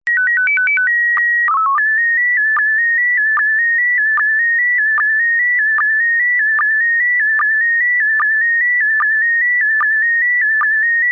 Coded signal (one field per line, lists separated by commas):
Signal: SSTV (slow-scan television)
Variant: PD 160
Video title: Slow Scan Radio, August 15, 2018, Ep. 4